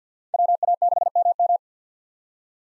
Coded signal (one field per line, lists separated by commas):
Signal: Morse code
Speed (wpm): 50 wpm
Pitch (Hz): 700 Hz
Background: none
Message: WA6MM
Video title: 2023 SOTA Chaser Call Signs - 50wpm